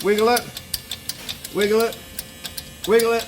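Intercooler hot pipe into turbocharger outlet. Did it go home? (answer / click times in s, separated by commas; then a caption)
no / none. On a Nissan Navara NP300, an aluminium intercooler hot pipe with an O-ring seal is pushed down with body weight and wiggled onto the turbocharger outlet while someone talks. Light ticks and taps are heard around 0.7 to 1.3 s during the wiggling. The clip ends before the part goes home: nothing has seated or clicked into place yet.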